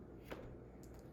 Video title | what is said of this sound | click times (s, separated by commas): Yeedi vac 2 pro & Yeedi mop station pro Review-3 in 1 Vacuum and Mop | That's again if you don't have the self-cleaning system, and it snaps back in like that with the handle. | 0.3 s